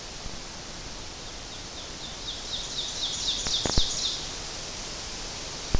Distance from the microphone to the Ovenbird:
about 35 m